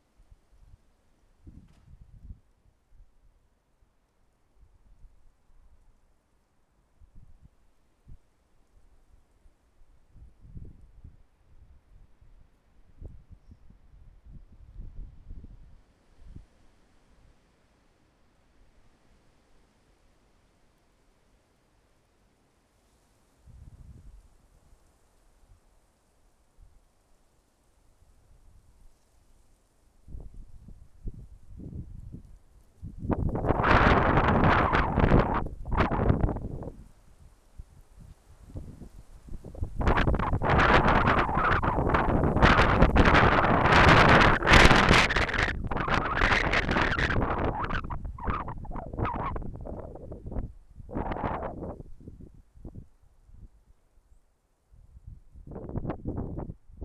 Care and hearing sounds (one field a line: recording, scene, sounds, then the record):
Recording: everyday scene through a hearing-aid microphone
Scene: wind on the microphone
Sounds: wind, traffic, birds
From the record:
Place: suburban garden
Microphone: behind the ear, left, rear